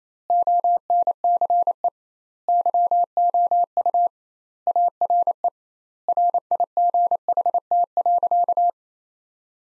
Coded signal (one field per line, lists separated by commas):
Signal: Morse code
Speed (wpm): 28 wpm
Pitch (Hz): 700 Hz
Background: none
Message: ONCE YOU ARE RIGHT.